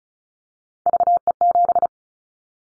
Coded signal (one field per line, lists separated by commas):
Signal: Morse code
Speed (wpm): 34 wpm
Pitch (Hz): 700 Hz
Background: none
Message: VE7